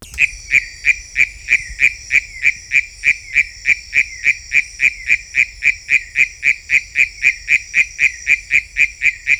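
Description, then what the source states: Philautus frog repeating crisp, evenly spaced short notes at a brisk pace throughout, with a constant high drone in the background. Unidentified Philautus species labelled sp 7.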